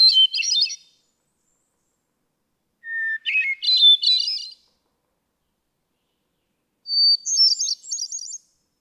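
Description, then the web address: Hermit thrush with three ethereal phrases of bubbling notes, the first cut short and mid-pitched, the second lowest and the last highest, the later two each opening on a held whistle. "birdsongforthecurious Hermit Thrush"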